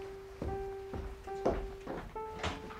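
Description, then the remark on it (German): A door leading to the library is opened with several dull wooden thunks and knocks, while someone practises piano in the salon, sustained notes ringing steadily underneath, changing pitch every half second or so. “Bitte schließen Sie die Türe! Es zieht!”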